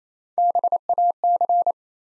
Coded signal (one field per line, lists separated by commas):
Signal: Morse code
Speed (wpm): 27 wpm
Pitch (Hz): 700 Hz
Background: none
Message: BAC